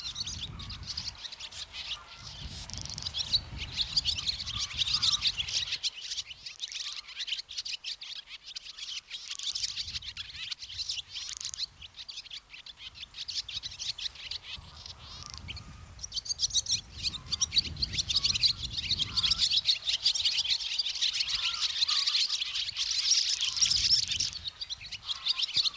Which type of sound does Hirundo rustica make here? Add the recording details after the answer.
song. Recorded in the wild. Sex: male. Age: adult. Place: Loddin, Insel Usedom, Mecklenburg-Vorpommern, DE. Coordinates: 54.0264, 14.0139. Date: 1983-09-20 10:59. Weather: overcast, 15°C. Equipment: Nagra SN, Sennheiser MKH 416 T, Kopie Uher 4000 Report Monitor. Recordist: Tembrock, Günter. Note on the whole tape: Gesang, dann größere Ansammlung auf dem Lichtdraht